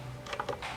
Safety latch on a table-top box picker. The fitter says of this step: Then this folds down, and in addition, then this one locks in place.